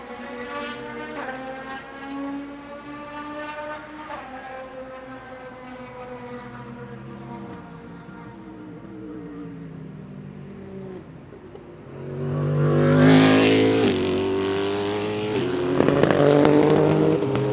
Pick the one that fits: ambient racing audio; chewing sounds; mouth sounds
ambient racing audio